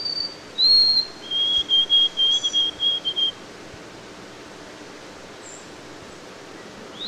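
White-throated sparrow song: a high whistled opening note, a second clear whistle, then a lower steady whistle pulsed into a string of repeated notes.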